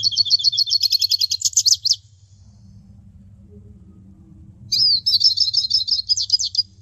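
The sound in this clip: Hooded siskin song: two quick bursts of high, squeaky trilled twitters separated by a gap of almost three seconds, over a soft low background hum.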